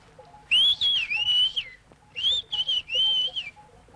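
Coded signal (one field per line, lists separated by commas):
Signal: whistled language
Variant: whistled Béarnais of Aas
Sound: two loud whistled phrases with rising and falling pitch glides, brief pause between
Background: faint background hum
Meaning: Bring me the rake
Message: Porte-moi le rateau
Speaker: Pouvez-vous nous siffler une phrase par exemple ? Porte-moi le rateau. Oui, toi porte la vario.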